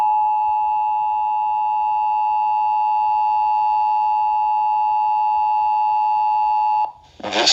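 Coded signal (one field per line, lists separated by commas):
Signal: Emergency Alert System (SAME) tones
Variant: 853 and 960 Hz attention tone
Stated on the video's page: National emergency alert received over a radio.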